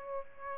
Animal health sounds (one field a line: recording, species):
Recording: mosquito wingbeat signal from an infrared sensor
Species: Aedes aegypti